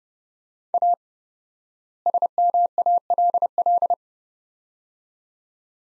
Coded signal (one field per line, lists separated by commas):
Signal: Morse code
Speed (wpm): 30 wpm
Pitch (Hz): 700 Hz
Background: none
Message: A SMALL